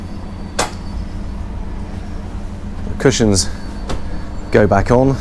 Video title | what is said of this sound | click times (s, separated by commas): Sunseeker 90 Ocean yacht tour - The most eye-catching of the 2021 models - Motor Boat & Yachting | they lock into place the | 0.6 s